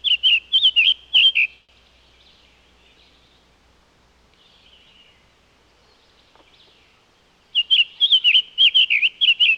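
Summer tanager song: a quick run of short slurred whistled notes, a pause of about six seconds, then another burst of similar rapid warbled notes.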